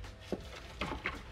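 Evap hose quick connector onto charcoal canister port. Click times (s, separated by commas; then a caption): 1.1 s. An evap hose quick-connect fitting is pushed onto the port of a new charcoal canister on a GMC/Chevy. After a faint tap at about 0.3 s and a brief rustle near 0.8 s, a short, sharp snap at 1.1 s marks the connector clicking on and seating.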